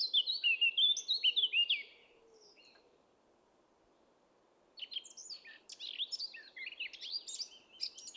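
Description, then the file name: Eurasian blackcap song: a loud, clear fluty phrase, a gap of nearly three seconds, then a busy scratchy warble. "Sylvia atricapilla"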